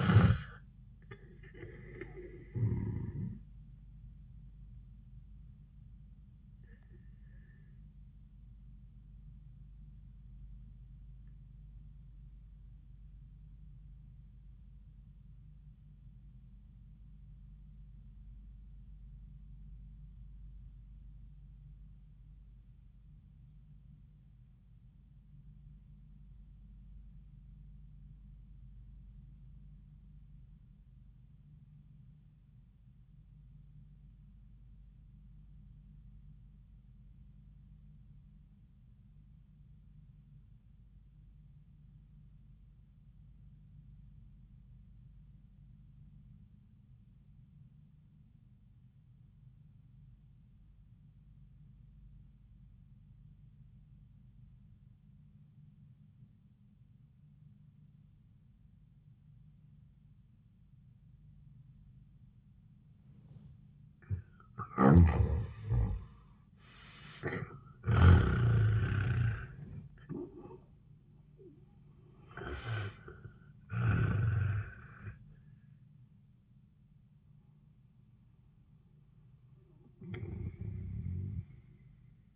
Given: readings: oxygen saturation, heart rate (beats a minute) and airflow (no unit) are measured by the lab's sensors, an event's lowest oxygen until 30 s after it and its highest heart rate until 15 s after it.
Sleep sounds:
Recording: breathing in sleep by a smartphone at the bedside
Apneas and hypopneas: 1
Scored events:
5.00-65.50 s: obstructive apnea (N1, oxygen 96% highest, then 68% lowest)
11.00-41.00 s: new sleep stage, REM sleep
41.00-71.00 s: new sleep stage, awake
64.00-75.00 s: awake
71.00-82.36 s: new sleep stage, REM sleep
From the record:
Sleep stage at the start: N1 (lightest sleep)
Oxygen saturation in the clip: 70 to 96%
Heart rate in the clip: 51 to 85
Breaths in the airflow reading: 4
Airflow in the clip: -34.8 to 30.8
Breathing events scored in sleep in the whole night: 400 in 8.7 hours asleep

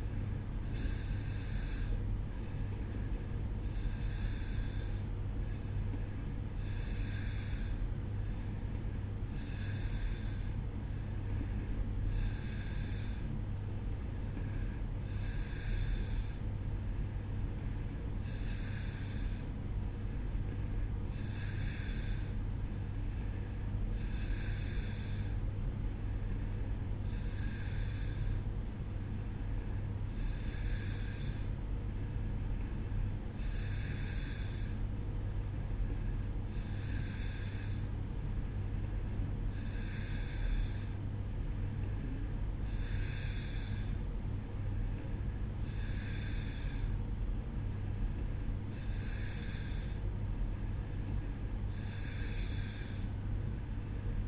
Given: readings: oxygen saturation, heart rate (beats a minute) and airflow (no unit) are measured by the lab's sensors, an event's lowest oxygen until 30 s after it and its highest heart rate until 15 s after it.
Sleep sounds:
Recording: breathing in sleep by a smartphone at the bedside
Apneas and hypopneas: none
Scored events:
none scored
From the record:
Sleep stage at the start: N2 (light sleep)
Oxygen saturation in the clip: 90 to 92%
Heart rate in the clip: 61 to 64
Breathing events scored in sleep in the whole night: 305 in 9.6 hours asleep

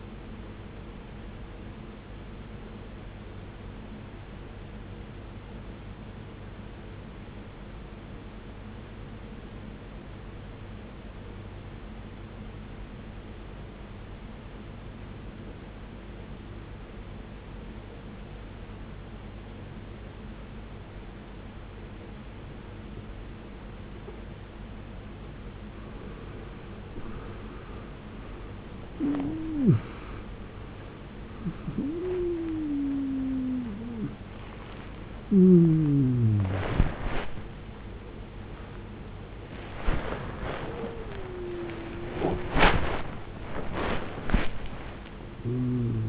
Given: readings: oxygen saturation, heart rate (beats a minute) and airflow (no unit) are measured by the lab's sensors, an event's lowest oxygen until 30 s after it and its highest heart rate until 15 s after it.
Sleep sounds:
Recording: a person awake in a sleep study, by a voice recorder at the bedside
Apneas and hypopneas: 1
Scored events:
3.00-27.60 s: obstructive apnea (N2, oxygen 93% highest, then 79% lowest, heart rate 56 at the start, 88 highest)
23.00-46.09 s: new sleep stage, awake
26.00-46.09 s: awake
From the record:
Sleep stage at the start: N2 (light sleep)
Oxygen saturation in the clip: 77 to 93%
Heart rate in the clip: 56 to 88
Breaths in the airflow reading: 6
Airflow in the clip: -20.0 to 20.1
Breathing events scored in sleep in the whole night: 389 in 6.3 hours asleep

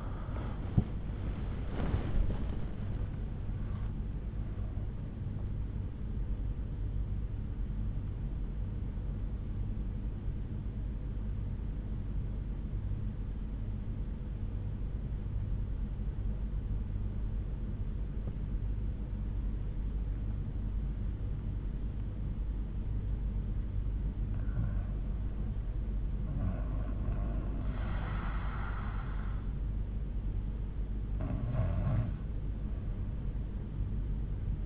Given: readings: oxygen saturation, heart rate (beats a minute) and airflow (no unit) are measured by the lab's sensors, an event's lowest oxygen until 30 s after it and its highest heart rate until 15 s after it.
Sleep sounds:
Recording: breathing in sleep by a smartphone at the bedside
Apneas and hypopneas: 1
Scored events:
13.00-34.66 s: new sleep stage, N1 (lightest sleep)
14.00-25.30 s: obstructive apnea (N1, oxygen 90% highest, then 90% lowest, heart rate 71 at the start, 71 highest)
From the record:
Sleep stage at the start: REM sleep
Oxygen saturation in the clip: 77 to 96%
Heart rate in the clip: 65 to 89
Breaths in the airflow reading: 5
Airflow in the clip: -11.2 to 12.5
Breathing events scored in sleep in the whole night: 368 in 8.0 hours asleep

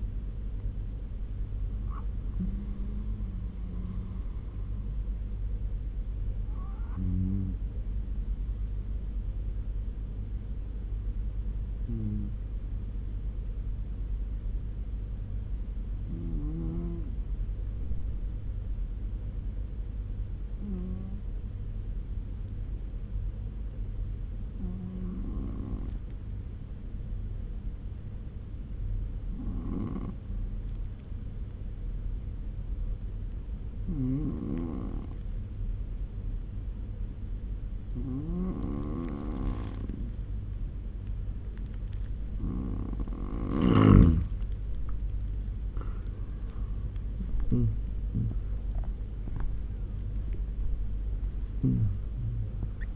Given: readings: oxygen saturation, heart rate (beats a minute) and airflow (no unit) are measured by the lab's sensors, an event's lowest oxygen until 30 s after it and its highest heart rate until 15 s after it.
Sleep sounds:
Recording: breathing in sleep by a smartphone at the bedside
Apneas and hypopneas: 1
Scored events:
6.00-36.00 s: new sleep stage, N2 (light sleep)
9.00-43.00 s: hypopnea (N2, oxygen 97% highest, then 91% lowest, heart rate 75 at the start, 88 highest)
36.00-52.96 s: new sleep stage, N1 (lightest sleep)
From the record:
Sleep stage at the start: N1 (lightest sleep)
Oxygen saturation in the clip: 92 to 97%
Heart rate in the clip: 70 to 86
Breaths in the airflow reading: 12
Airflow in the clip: -11.9 to 12.1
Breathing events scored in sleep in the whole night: 201 in 6.5 hours asleep

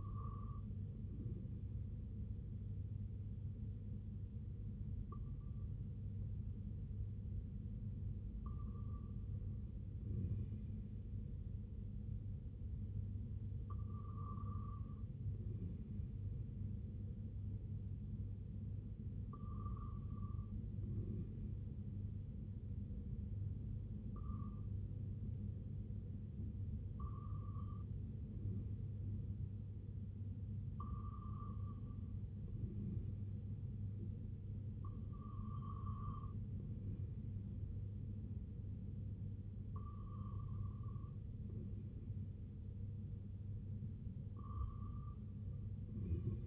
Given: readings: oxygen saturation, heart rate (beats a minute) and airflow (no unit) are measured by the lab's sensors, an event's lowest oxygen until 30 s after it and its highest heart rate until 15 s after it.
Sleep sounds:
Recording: breathing in sleep by a smartphone at the bedside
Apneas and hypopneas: none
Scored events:
none scored
From the record:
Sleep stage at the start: REM sleep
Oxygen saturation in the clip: 96 to 98%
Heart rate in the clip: 55 to 67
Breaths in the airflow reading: 11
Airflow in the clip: -5.5 to 2.5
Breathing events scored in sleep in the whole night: 258 in 7.4 hours asleep

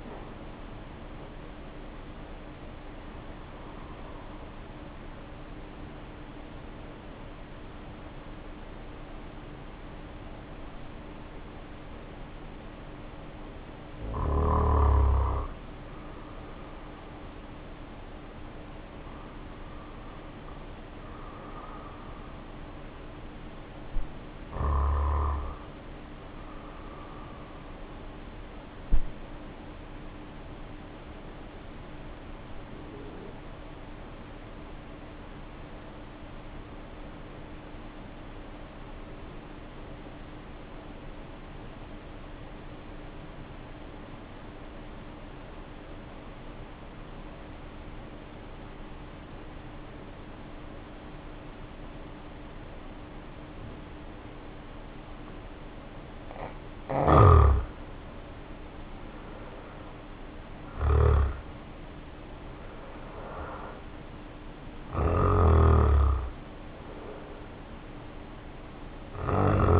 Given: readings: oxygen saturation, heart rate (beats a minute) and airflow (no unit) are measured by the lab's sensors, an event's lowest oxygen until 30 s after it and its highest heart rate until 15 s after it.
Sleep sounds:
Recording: breathing in sleep by a voice recorder at the bedside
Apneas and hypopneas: 1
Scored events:
29.00-59.00 s: new sleep stage, N2 (light sleep)
30.00-57.40 s: hypopnea (N2, oxygen 95% highest, then 76% lowest, heart rate 53 at the start, 66 highest)
59.00-69.80 s: new sleep stage, N1 (lightest sleep)
From the record:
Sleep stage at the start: N1 (lightest sleep)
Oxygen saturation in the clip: 74 to 95%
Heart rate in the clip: 50 to 66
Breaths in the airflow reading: 15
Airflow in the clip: -2.6 to 2.9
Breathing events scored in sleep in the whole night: 520 in 7.2 hours asleep

